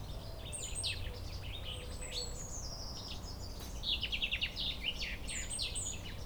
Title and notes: Près du plus vieil arbre de Chindrieux un tilleul de plusieurs siècles , un pinson chante accompagné d'une mésange dans le parc du voisinage.